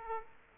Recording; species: mosquito wingbeat signal from an infrared sensor; Aedes aegypti